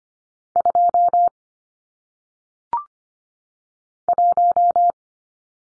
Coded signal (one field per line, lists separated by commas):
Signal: Morse code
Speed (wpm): 25 wpm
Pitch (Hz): 700 Hz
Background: none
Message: 2 1